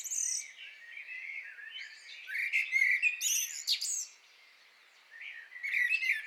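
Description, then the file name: Common blackbird with rich warbled phrases and sharp high twitters, loudest in the middle, then a quiet pause before a final burst of squeaky notes. "Turdus merula"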